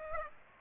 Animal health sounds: mosquito wingbeat signal from an infrared sensor; Aedes aegypti

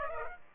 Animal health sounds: mosquito wingbeat signal from an infrared sensor; Aedes aegypti

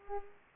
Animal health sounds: mosquito wingbeat signal from an infrared sensor; Culex pipiens

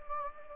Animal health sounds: mosquito wingbeat signal from an infrared sensor; Anopheles gambiae

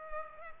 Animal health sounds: mosquito wingbeat signal from an infrared sensor; Culex pipiens

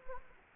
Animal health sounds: mosquito wingbeat signal from an infrared sensor; Anopheles gambiae

